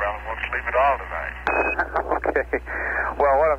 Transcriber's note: laughter